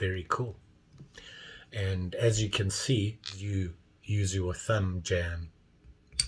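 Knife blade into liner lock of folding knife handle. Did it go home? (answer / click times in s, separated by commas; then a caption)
yes / 6.2 s. Someone talks while the steel blade of a CRKT M4-02W folding pocket knife is flicked open with the thumb. A sharp click at 6.2 s marks the blade snapping open and seating into the handle's liner lock.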